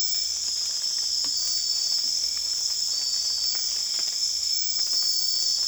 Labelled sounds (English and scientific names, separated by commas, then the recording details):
none
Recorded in secondary vegetation near Puerto Asís, Putumayo, Colombia, on 25 June 2025 at 03:00
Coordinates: 0.485, -76.322
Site GP06